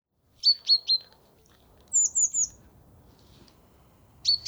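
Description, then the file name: Great tit calls: three clear high notes, then a trio of thin, descending whistles a moment later, and another high note at the close. "Parus major"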